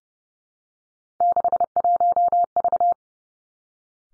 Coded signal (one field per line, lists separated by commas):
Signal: Morse code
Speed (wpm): 30 wpm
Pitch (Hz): 700 Hz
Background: none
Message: 61V